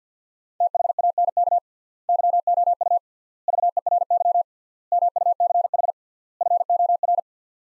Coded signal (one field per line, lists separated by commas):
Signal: Morse code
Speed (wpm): 50 wpm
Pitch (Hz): 700 Hz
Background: none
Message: THANK YOU VERY MUCH FOR